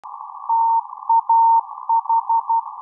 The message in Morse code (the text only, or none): TAH